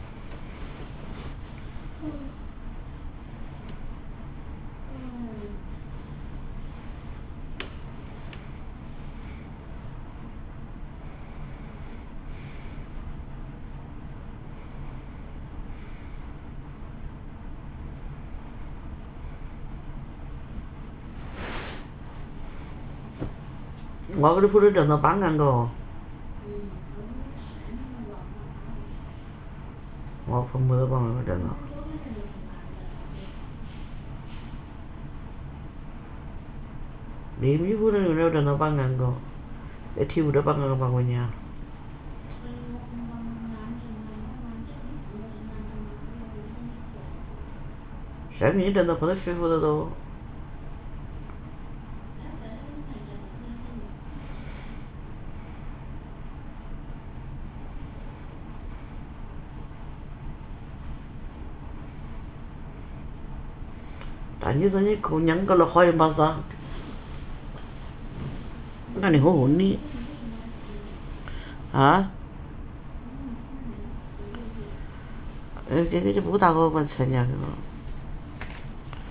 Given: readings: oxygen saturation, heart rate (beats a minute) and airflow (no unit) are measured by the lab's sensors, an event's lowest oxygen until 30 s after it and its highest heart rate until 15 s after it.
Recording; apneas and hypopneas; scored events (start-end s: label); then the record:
a person awake in a sleep study, by a smartphone at the bedside; none
0.00-79.11 s: awake
From the record:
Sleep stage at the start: awake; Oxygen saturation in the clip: 92 to 95%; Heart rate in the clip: 62 to 69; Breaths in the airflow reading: 22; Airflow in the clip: -11.2 to 11.3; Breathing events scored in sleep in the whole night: 328 in 6.3 hours asleep